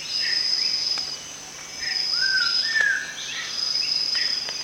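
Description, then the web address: Rufous-tailed shama giving a slurred whistle that rises then falls, with shorter whistled notes around it, over a steady high insect drone. Recorded at Danum on 1 January 2008. "DANUM 20080101. rufous-tailed shama"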